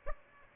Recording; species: mosquito wingbeat signal from an infrared sensor; Aedes albopictus